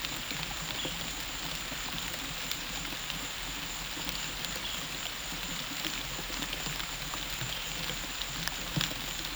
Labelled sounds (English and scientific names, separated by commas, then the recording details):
none
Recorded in pastures near Puerto Asís, Putumayo, Colombia, on 20 December 2024 at 15:00
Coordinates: 0.472, -76.329
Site G072